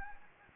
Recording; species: mosquito wingbeat signal from an infrared sensor; Anopheles gambiae